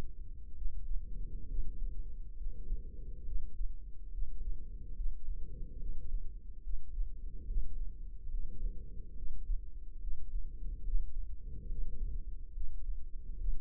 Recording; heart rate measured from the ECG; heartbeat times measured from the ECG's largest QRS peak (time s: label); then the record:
heart sounds by microphone in the left ear; 70 bpm
0.53 s: heartbeat
1.46 s: heartbeat
2.35 s: heartbeat
3.23 s: heartbeat
4.09 s: heartbeat
4.94 s: heartbeat
5.77 s: heartbeat
6.61 s: heartbeat
7.45 s: heartbeat
8.28 s: heartbeat
9.14 s: heartbeat
9.99 s: heartbeat
10.83 s: heartbeat
11.66 s: heartbeat
12.52 s: heartbeat
13.36 s: heartbeat
From the record:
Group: healthy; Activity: rest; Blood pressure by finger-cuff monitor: 104/73 mmHg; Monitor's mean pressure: 85 mmHg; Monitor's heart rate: 70 bpm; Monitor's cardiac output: 5.5 L/min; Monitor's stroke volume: 79 mL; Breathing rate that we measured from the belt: 20 breaths a minute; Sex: female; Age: 32 years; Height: 172 cm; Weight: 71.7 kg